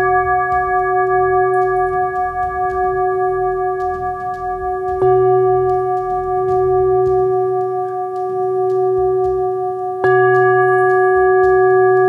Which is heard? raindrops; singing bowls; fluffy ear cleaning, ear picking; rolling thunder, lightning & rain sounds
singing bowls